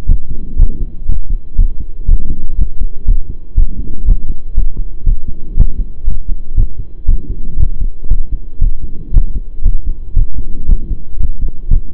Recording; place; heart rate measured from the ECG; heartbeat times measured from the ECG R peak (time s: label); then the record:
heart sounds by stethoscope; between the tricuspid and mitral areas; 119 bpm
0.08 s: heartbeat
0.58 s: heartbeat
1.08 s: heartbeat
1.58 s: heartbeat
2.08 s: heartbeat
2.57 s: heartbeat
3.07 s: heartbeat
3.56 s: heartbeat
4.07 s: heartbeat
4.56 s: heartbeat
5.05 s: heartbeat
5.56 s: heartbeat
6.06 s: heartbeat
6.56 s: heartbeat
7.07 s: heartbeat
7.58 s: heartbeat
8.09 s: heartbeat
8.60 s: heartbeat
9.13 s: heartbeat
9.64 s: heartbeat
10.15 s: heartbeat
10.68 s: heartbeat
11.19 s: heartbeat
11.70 s: heartbeat
From the record:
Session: pedaling a stationary bicycle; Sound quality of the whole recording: saturated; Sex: male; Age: 23 years